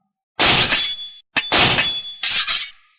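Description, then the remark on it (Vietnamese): Loud, ringing metallic clangs in three dense bursts that run together, with harsh bright clatter and sustained high tones as a volley of blades strikes an eagle's feathers and bounces back. No voices. “Sau một trận đinh len keng loạn hưởng, tất cả quái nhận kích lên lông vũ của đại bàng đều bắn ngược trở lại.”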